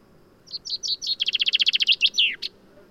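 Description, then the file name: Common chaffinch song with a few spaced high notes, then a fast rattling trill and a swooping terminal flourish plus a sharp final note. "Fringilla coelebs"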